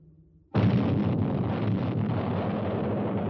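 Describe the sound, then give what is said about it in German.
The Little Boy atomic bomb explodes 580 meters above a city: after a half-second of low hum, a sudden loud blast erupts into a dense, roaring rumble that stays heavy and sustained through to the end. “43 Sekunden später, 580 Meter über der Stadt, explodiert Little Boy in einem ultraheißen weißen Lichtblitz.”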